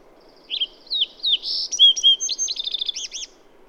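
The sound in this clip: Bird song, clean and high: sliding whistles, a brief buzzy burst, then a rapid rippling series of looping notes closing the phrase.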